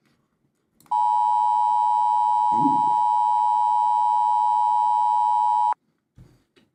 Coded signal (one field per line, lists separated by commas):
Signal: Emergency Alert System (SAME) tones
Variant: 853 and 960 Hz attention tone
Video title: EAS Creator Tierlisting (December Edition)